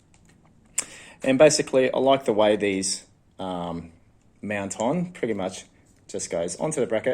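An X-TIGER bike headlight is handled next to its plastic handlebar mounting bracket while someone talks over faint handling clicks near the start. Nothing has seated or clicked into place yet.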